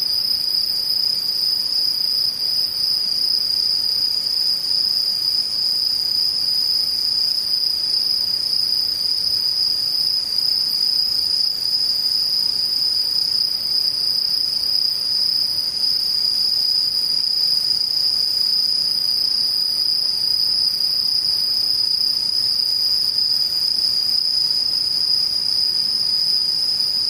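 Insects chirr continuously in a dense, unbroken chorus, with piercing high tones holding steady throughout. Beneath them lies a faint, even hiss with no other events, and the level stays constant from start to finish.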